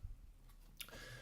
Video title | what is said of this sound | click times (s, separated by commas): Proxxon KGS 80 Chop Saw Review | every 15 degrees has a latch so it automatically snaps in place like that but | 0.8 s